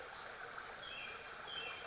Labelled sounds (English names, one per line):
Western Flycatcher